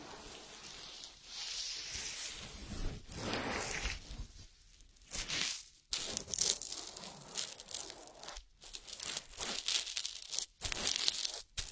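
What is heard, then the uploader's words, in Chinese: Crinkly rubbing and pressing sounds from an oily ear massage, with bright, fizzy friction that swells and fades in uneven bursts. Brief silent gaps fall around the fifth, sixth, eighth and tenth seconds, when the hands lift. 精油揉耳按摩。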